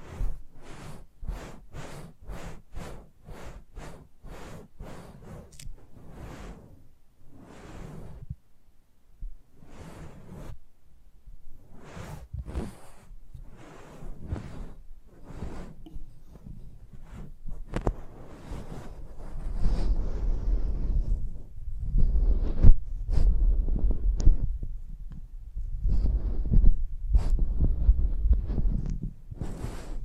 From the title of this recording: Close Up Mic Treatment